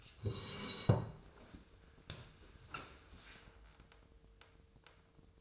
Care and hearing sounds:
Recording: daily activity, microphone in the room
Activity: sit down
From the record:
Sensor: 2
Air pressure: 1005.2 hPa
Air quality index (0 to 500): 101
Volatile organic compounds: 2 ppm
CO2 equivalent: 1222 ppm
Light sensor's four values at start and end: 7/16/6/7 and 7/17/7/7

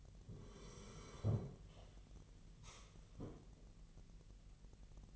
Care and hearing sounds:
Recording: daily activity, microphone in the room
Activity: sit down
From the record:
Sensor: 4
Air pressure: 1002.5 hPa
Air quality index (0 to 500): 248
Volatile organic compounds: 37 ppm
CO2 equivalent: 3094 ppm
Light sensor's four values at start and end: 11/24/10/10 and 11/24/10/10

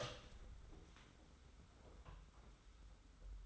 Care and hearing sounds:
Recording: daily activity, microphone in the room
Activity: open door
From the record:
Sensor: 3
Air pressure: 991.5 hPa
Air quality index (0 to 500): 138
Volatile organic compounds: 268 ppm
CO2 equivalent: 4406 ppm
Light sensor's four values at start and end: 42/119/48/42 and 42/118/48/42

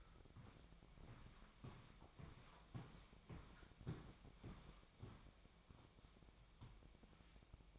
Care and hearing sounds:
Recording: daily activity, microphone in the room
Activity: walk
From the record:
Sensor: 1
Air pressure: 1001.6 hPa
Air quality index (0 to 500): 222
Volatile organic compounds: 30 ppm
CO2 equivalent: 2962 ppm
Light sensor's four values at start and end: 9/33/12/13 and 9/32/11/13

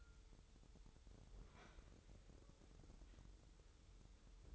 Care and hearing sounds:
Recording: daily activity, microphone in the room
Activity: open fridge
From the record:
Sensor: 3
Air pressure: 988.4 hPa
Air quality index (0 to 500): 194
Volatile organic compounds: 300 ppm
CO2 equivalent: 4481 ppm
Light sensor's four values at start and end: 24/77/32/27 and 24/77/32/27

